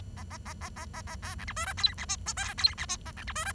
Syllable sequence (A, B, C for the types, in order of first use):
A A A A A A A B C D E F G H I J K G H I A C D E F